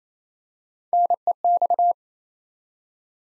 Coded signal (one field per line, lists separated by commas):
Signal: Morse code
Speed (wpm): 29 wpm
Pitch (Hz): 700 Hz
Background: none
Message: NEX